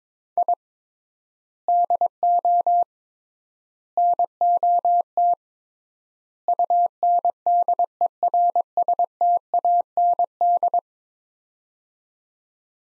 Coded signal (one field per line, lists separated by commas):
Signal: Morse code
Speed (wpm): 22 wpm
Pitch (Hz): 700 Hz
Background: none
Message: I DO NOT UNDERSTAND